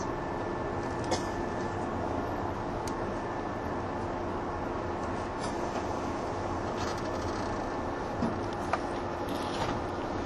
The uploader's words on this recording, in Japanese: 185系 踊り子106号01 伊豆急下田～熱海。修善寺始発の列車を併結しつつも上り列車で最速となる、185系踊り子106号を収録したものです。音の旅(走行音)。